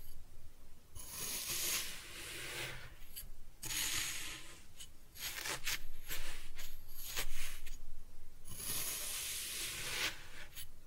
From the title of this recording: Kinetic Sand Cutting and Scooping Sounds